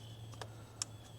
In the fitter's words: that one had a satisfying click